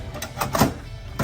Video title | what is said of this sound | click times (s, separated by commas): Dissembling and Re-assembling Power supply and knowing its functions (Step By Step) | It is a slide in, just make sure it clicks. There's our click. | 0.5 s